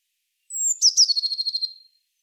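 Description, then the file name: Eurasian blue tit call: a thin high note sliding down, then a fast stuttering churr that fades out. "Cyanistes caeruleus"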